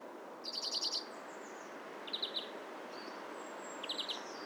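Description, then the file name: European greenfinch calling in quick rattled bursts, one strong series early, then two shorter ones, with a thin drawn-out whistle and constant background hiss. "Chloris chloris"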